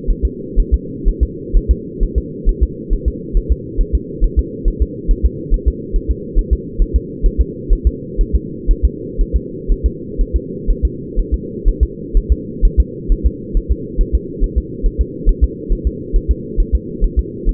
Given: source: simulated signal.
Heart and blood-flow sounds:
fetal heart sounds
0.10 s: S1
0.25 s: S2
0.60 s: S1
0.74 s: S2
1.08 s: S1
1.23 s: S2
1.56 s: S1
1.71 s: S2
2.03 s: S1
2.18 s: S2
2.49 s: S1
2.63 s: S2
2.93 s: S1
3.08 s: S2
3.37 s: S1
3.52 s: S2
3.81 s: S1
3.95 s: S2
4.24 s: S1
4.39 s: S2
4.68 s: S1
4.82 s: S2
5.11 s: S1
5.26 s: S2
5.54 s: S1
5.68 s: S2
5.96 s: S1
6.11 s: S2
6.38 s: S1
6.53 s: S2
6.82 s: S1
6.96 s: S2
7.26 s: S1
7.41 s: S2
7.73 s: S1
7.87 s: S2
8.21 s: S1
8.36 s: S2
8.71 s: S1
8.85 s: S2
9.21 s: S1
9.36 s: S2
9.72 s: S1
9.86 s: S2
10.21 s: S1
10.36 s: S2
10.70 s: S1
10.85 s: S2
11.20 s: S1
11.34 s: S2
11.68 s: S1
11.83 s: S2
12.17 s: S1
12.32 s: S2
12.65 s: S1
12.80 s: S2
13.12 s: S1
13.27 s: S2
13.57 s: S1
13.71 s: S2
14.01 s: S1
14.15 s: S2
14.44 s: S1
14.58 s: S2
14.86 s: S1
15.01 s: S2
15.29 s: S1
15.44 s: S2
15.72 s: S1
15.87 s: S2
16.16 s: S1
16.31 s: S2
16.60 s: S1
16.75 s: S2
17.04 s: S1
17.19 s: S2
17.49 s: S1
From the record:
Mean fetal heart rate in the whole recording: 130 bpm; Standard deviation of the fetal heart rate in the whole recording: 4 bpm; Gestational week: 38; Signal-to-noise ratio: -4.1 dB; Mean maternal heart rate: no maternal heart sound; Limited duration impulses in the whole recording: absent

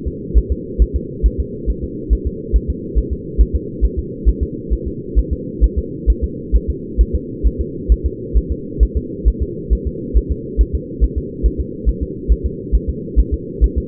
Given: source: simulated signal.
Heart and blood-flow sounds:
fetal heart sounds
0.08 s: S2
0.38 s: S1
0.52 s: S2
0.82 s: S1
0.96 s: S2
1.26 s: S1
1.40 s: S2
1.70 s: S1
1.84 s: S2
2.13 s: S1
2.27 s: S2
2.56 s: S1
2.70 s: S2
2.98 s: S1
3.13 s: S2
3.41 s: S1
3.56 s: S2
3.84 s: S1
3.99 s: S2
4.28 s: S1
4.43 s: S2
4.73 s: S1
4.88 s: S2
5.19 s: S1
5.33 s: S2
5.64 s: S1
5.78 s: S2
6.10 s: S1
6.24 s: S2
6.56 s: S1
6.70 s: S2
7.01 s: S1
7.15 s: S2
7.47 s: S1
7.61 s: S2
7.92 s: S1
8.06 s: S2
8.37 s: S1
8.52 s: S2
8.83 s: S1
8.97 s: S2
9.28 s: S1
9.42 s: S2
9.73 s: S1
9.87 s: S2
10.17 s: S1
10.32 s: S2
10.61 s: S1
10.75 s: S2
11.04 s: S1
11.18 s: S2
11.46 s: S1
11.61 s: S2
11.89 s: S1
12.03 s: S2
12.32 s: S1
12.46 s: S2
12.75 s: S1
12.89 s: S2
13.19 s: S1
13.34 s: S2
13.64 s: S1
13.78 s: S2
From the record:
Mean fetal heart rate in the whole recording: 135 bpm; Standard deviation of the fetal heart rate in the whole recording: 3 bpm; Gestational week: 34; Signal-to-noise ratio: -4.1 dB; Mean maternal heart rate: no maternal heart sound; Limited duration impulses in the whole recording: absent

